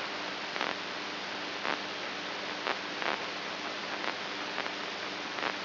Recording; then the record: brain microelectrode recording played as sound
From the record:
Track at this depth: outside the subthalamic nucleus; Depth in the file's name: 6.706 mm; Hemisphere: right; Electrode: 2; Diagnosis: Parkinson's disease